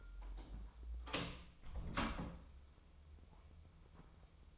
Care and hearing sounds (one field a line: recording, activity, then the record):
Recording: daily activity, microphone in the room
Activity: close door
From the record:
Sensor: 1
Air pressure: 996.1 hPa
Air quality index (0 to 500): 47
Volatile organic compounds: 2 ppm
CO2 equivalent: 1012 ppm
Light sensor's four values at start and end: 14/33/14/16 and 14/32/14/15